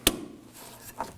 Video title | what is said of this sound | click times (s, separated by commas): How to Replace AC Condenser 2013-2019 Nissan Sentra | Push those in until you hear the click. | 0.1 s